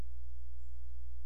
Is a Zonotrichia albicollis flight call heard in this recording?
no